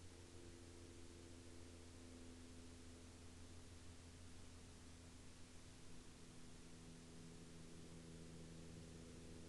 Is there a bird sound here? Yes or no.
no